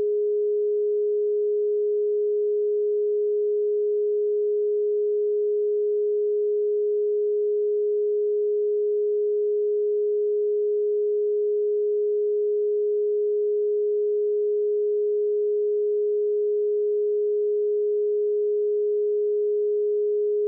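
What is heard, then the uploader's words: A pure 417 Hz tone sounds without change for the full twenty seconds. It is a single smooth, mid-low pitch at constant loudness, with no pulsing, no other notes and no background sounds. 417 Hz Solfeggio Frequency.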